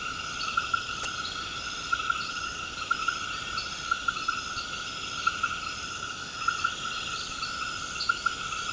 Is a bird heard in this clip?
no